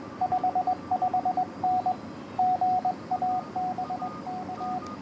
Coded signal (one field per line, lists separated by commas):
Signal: Morse code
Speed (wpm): 19 wpm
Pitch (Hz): 690 Hz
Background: radio noise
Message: 55N GA BK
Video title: POTA US-10663